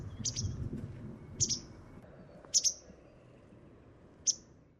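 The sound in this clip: Bird giving short, sharp, high chirps, four spaced one to two seconds apart, some doubled, over a low rumbling background.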